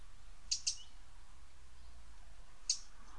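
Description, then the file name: Eurasian wren uttering three hard, clicking tick notes, a quick pair followed after a pause by a single one, over a quiet low hum. "Troglodytes troglodytes"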